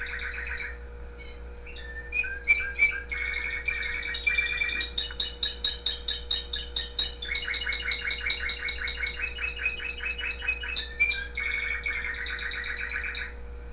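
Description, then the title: Canary song: varied trills and rapid repeated notes, with bright whistled phrases and buzzy rattles, over a steady low hum. Owner's own canary singing, with background music playing. "mi canario"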